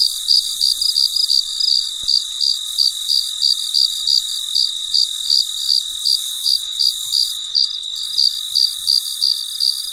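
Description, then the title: Cricket chirping, quick high-pitched pulses about three a second, over a continuous shrill background hiss. Recorded late at night in very quiet surroundings. "深夜录制蟋蟀昆虫声"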